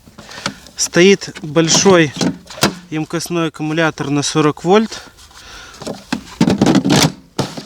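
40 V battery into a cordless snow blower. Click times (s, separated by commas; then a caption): 7.4 s. A 40 V battery is inserted into the plastic battery slot of a cordless snow blower while someone talks. A few light clicks and handling sounds lead up to a loud, sharp snap at 7.4 s as the battery seats into the snow blower.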